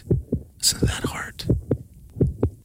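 Normal heartbeat of an adult heart.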